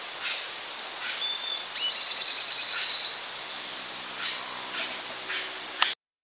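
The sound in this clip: Bird calls: short high notes repeated irregularly, with a rapid buzzy trill in the middle, over steady hiss.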